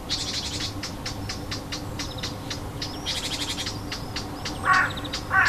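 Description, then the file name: Warbler giving rapid dry tacking alarm notes mixed with short buzzy rattles, and a couple of harsher lower calls near the end. Alarm call; recorded 25 June 2014 with an MZ-N710 recorder. "Fauvette cri d alarme 25 06 14"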